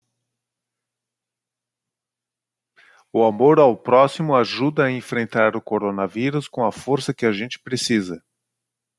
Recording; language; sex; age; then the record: spoken sentence; Brazilian Portuguese; male; 40 to 49 years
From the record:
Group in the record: control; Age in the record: 46 years